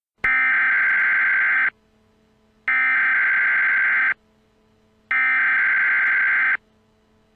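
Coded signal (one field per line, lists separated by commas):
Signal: Emergency Alert System (SAME) tones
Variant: header bursts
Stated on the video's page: Fictional EAS scenario.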